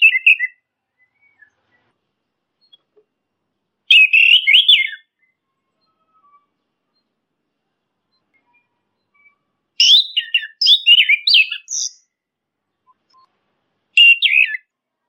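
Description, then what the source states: Orange-headed thrush singing in short warbled phrases of rapid, varied notes, separated by long silent gaps; nothing else audible. Masteran (training) recording; bird called anis kembang or punglor kembang.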